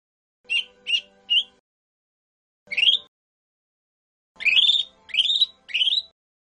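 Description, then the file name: Lesser green leafbird song: a quick group of three short notes, a single rising note, then three longer upslurred notes, with brief silences between. "cucak hijau mini. omkicau"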